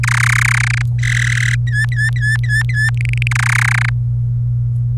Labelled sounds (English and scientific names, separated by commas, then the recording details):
Domestic Canary (Serinus canaria) song
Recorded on 26 April 2018 at 18:20
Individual llb3